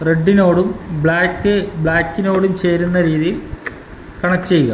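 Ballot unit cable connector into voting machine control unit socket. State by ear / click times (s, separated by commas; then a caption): not seated / none. A ballot unit cable connector is handled at the socket on a voting machine control unit, lined up red to red and black to black, while someone talks throughout. The connector has not yet been pushed home, and nothing has seated or clicked yet.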